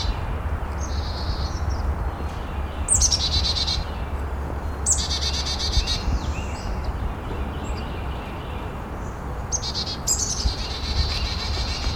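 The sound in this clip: Chickadee calls: several buzzy chick-a-dee series, sharp high notes sliding into rasping dee notes, plus a softer short call, over a continuous low hum.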